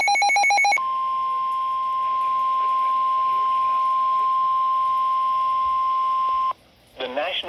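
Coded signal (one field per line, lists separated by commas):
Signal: Emergency Alert System (SAME) tones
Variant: 1050 Hz attention tone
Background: speech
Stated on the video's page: NOAA Weather Radio alerts: Particularly Dangerous Situation flash flood warnings extended due to continuous flooding and more rainfall.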